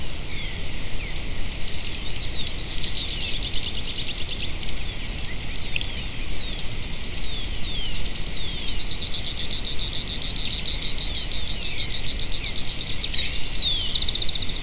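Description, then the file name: Birds in a dense chorus of high chirps and rapid trills, building into a long buzzy trill near the end, with scattered sliding whistles. "SABIOD 50 bird 2015"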